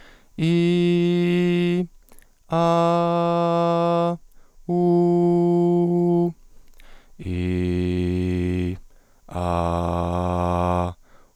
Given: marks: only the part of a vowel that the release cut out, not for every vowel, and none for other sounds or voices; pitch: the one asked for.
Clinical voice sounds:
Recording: sustained vowels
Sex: male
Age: 30 to 39 years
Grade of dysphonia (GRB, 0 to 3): 0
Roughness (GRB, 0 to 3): 0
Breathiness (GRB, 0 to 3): 0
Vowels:
0.46-1.75 s: vowel /i/, high pitch
2.57-4.07 s: vowel /a/, high pitch
4.75-6.21 s: vowel /u/, high pitch
7.32-8.67 s: vowel /i/, low pitch
9.43-10.81 s: vowel /a/, low pitch
From the record:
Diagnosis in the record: contact pachydermia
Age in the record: 31 years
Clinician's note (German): Kontaktpachydermie ohne "Kontaktpachydermie" bei Stimmberuf

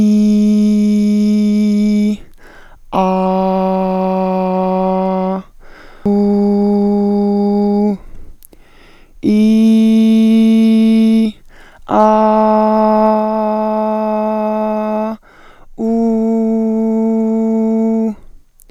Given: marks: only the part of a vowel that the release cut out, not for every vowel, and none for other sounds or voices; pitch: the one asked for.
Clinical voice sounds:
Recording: sustained vowels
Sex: female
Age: 30 to 39 years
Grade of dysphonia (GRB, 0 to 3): 1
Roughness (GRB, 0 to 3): 1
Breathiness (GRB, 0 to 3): 0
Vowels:
0.00-1.84 s: vowel /i/, normal pitch
3.35-5.15 s: vowel /a/, normal pitch
6.15-7.57 s: vowel /u/, normal pitch
9.37-11.03 s: vowel /i/, high pitch
12.10-13.18 s: vowel /a/, high pitch
16.07-17.91 s: vowel /u/, high pitch
From the record:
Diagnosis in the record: functional dysphonia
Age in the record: 36 years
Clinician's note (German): Ödematöse Stimmlippen, beginnende Phonationsverdickung, Spalt

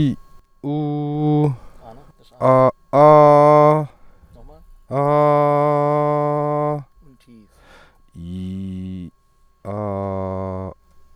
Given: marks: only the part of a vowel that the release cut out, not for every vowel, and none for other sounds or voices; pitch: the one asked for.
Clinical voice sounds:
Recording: sustained vowels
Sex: male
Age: 30 to 39 years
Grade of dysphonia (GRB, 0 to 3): 0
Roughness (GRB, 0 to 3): 0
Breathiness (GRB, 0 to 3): 0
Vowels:
0.72-1.41 s: vowel /u/, high pitch
5.18-6.66 s: vowel /a/, high pitch
8.23-9.01 s: vowel /i/, low pitch
9.72-10.65 s: vowel /a/, low pitch
From the record:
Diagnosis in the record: healthy voice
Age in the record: 38 years

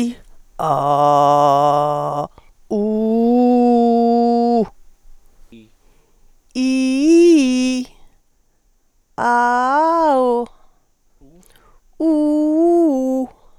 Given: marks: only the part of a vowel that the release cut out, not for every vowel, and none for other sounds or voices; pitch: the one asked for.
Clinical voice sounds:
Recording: sustained vowels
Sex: female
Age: 60 to 69 years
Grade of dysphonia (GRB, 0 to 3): 0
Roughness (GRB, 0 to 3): 0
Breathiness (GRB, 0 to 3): 0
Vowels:
0.66-2.13 s: vowel /a/, low pitch
2.80-4.59 s: vowel /u/, low pitch
6.60-7.75 s: vowel /i/, low-high-low pitch
9.26-10.12 s: vowel /a/, low-high-low pitch
12.05-13.20 s: vowel /u/, low-high-low pitch
From the record:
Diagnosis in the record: psychogenic dysphonia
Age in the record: 60 years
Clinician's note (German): Zustand nach psychogener Aphonie

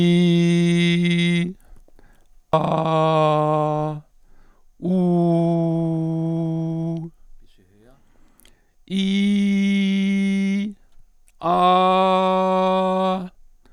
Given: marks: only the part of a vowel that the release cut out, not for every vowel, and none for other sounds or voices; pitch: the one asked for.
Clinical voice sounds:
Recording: sustained vowels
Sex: male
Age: 60 to 69 years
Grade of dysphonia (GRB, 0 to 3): 2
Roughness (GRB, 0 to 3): 0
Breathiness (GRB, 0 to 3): 0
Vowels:
0.00-1.31 s: vowel /i/, normal pitch
2.73-3.83 s: vowel /a/, normal pitch
4.99-6.84 s: vowel /u/, normal pitch
9.01-10.56 s: vowel /i/, high pitch
11.55-13.13 s: vowel /a/, high pitch
From the record:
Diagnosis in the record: functional dysphonia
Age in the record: 60 years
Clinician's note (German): Hypoton, psychogene Komponente

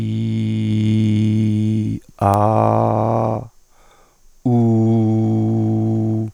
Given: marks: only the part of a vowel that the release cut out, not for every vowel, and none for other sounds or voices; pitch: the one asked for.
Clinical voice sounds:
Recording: sustained vowels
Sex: male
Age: 50 to 59 years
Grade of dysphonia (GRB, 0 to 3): 1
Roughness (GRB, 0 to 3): 1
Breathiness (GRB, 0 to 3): 1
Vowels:
0.00-1.80 s: vowel /i/, normal pitch
2.36-3.29 s: vowel /a/, normal pitch
4.64-6.10 s: vowel /u/, normal pitch
From the record:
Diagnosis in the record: healthy voice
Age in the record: 55 years

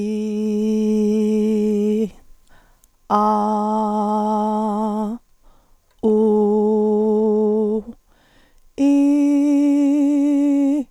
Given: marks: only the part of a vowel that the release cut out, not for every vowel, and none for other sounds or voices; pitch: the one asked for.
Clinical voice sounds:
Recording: sustained vowels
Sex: female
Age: 60 to 69 years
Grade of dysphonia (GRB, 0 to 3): 2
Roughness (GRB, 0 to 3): 1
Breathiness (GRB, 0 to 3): 2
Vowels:
0.00-1.92 s: vowel /i/, normal pitch
3.19-5.01 s: vowel /a/, normal pitch
6.09-7.72 s: vowel /u/, normal pitch
8.85-10.71 s: vowel /i/, high pitch
From the record:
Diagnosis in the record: dysphonia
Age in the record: 62 years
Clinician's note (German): Multifaktorielle Dysphonie bei chron. Asthma mit spray-Nebenwirkungen

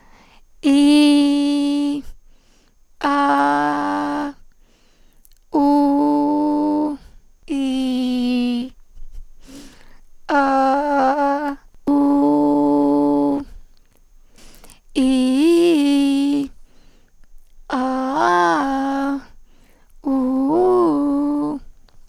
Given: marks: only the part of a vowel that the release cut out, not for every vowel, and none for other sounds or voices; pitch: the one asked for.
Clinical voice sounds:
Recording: sustained vowels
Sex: female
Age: 20 to 29 years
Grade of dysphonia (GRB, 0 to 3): 2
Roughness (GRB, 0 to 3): 2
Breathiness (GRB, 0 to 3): 0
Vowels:
0.83-1.81 s: vowel /i/, high pitch
3.08-4.23 s: vowel /a/, high pitch
5.66-6.85 s: vowel /u/, high pitch
12.24-13.23 s: vowel /u/, low pitch
15.03-16.20 s: vowel /i/, low-high-low pitch
17.78-19.06 s: vowel /a/, low-high-low pitch
20.12-21.42 s: vowel /u/, low-high-low pitch
From the record:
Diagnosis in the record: hyperfunctional dysphonia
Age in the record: 29 years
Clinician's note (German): HWS-bedingt, Strahlenfolgen, Zustand nach Neckdissection + Radiatio (Schmicke-TU)

